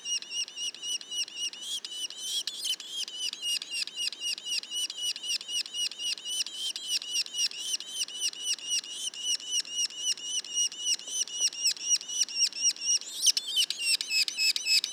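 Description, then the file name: Yellow-bellied sapsucker juveniles: a constant run of high, nasal squeaks, roughly four each second, with a louder burst near the end. Juveniles; Mont-Orford National Park, Quebec. "pic macule. parc national du mont orford"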